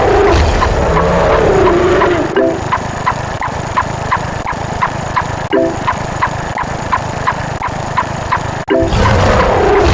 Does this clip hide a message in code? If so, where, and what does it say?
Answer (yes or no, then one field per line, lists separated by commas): no